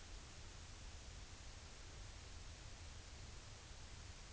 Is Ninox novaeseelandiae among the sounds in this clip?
no